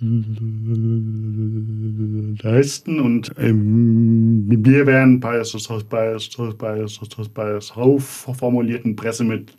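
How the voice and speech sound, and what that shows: An adult man speaking German draws out a long hesitation, then repeats the word 'bei' four times before going on: stuttering with repetitions and prolongation.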